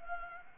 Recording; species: mosquito wingbeat signal from an infrared sensor; Anopheles gambiae